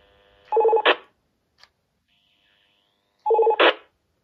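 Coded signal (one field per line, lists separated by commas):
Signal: roger beep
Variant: President George II, setting 3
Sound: rapid two-tone warbling trill about 0.3 s, then a short hiss burst, heard twice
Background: radio squelch noise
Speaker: dann hier mal den dritten Roger geht für mich auch eindeutig Richtung 2000er oder 90er Funktelefone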